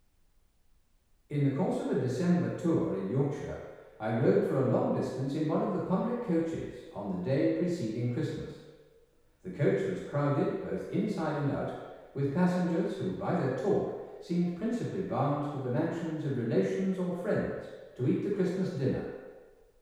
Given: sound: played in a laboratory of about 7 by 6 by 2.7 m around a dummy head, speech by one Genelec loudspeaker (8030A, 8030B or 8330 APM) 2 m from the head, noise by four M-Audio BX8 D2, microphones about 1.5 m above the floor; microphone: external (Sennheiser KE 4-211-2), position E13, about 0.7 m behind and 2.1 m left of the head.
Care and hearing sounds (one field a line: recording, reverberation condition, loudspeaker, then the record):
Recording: male speech in English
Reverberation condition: high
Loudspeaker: 60 degrees to the left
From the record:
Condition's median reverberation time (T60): about 1300 ms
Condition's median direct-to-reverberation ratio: about -4.0 dB